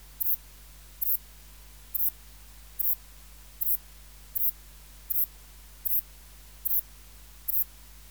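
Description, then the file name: Ephippiger cruciger bush-cricket: crisp, high chirps in a regular rhythm, backed by a quiet low-pitched hum. "Ephippiger cruciger"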